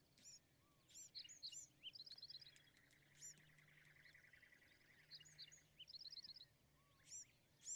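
Bewick's wren song, faint: bright high chips and quick clipped chip series, given twice, over steady background noise.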